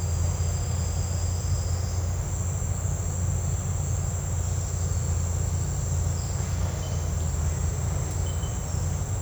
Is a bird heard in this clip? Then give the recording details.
yes. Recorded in dense forest near Puerto Asís, Putumayo, Colombia, on 20 December 2024 at 09:00. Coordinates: 0.468, -76.322. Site G071